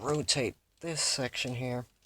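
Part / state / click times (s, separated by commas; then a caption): rotating plastic section of a transforming robot toy, going into its stowed position / not seated / none. A rotating plastic section of a transforming robot toy is handled on its way into its stowed position while someone talks. The clip ends before the section goes home, so nothing has seated or clicked yet.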